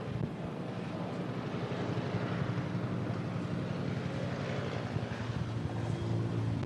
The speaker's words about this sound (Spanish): que entendamos un poco más a fondo qué está pasando en el campestre, en el Inter, helicóptero.